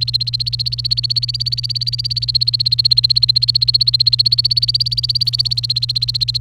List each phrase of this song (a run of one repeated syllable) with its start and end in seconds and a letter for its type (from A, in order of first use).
0.00-6.40 A